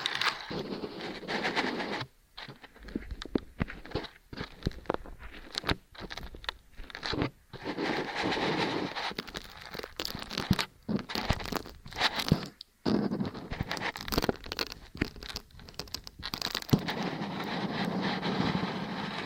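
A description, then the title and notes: Crackly ear-cleaning and kinetic sand sounds fill the clip with dense scratching, squishing and rustling across lows and highs. The texture keeps stopping in abrupt gaps of near silence, around 2, 6, 7.5 and 13 seconds, then snaps back. Faint rumbling handling noise runs underneath. Intense Ear Stimulation Ear Cleaning, Kinetic Sand, Piercing Sounds (No Talking).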